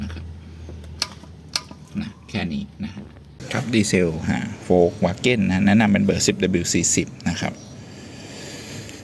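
A torque wrench tightens an oil drain plug or filter housing on a VW Caravelle T5.1 van engine, finishing it after it was hand-tightened fully to give standard tightness without risk of stripping the thread. Two sharp clicks sound at 1.0 s and 1.6 s as the wrench reaches its setting, then someone talks.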